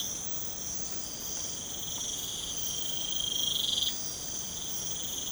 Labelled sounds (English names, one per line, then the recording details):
none
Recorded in pastures near Puerto Asís, Putumayo, Colombia, on 12 March 2025 at 04:00
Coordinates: 0.505, -76.324
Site GP08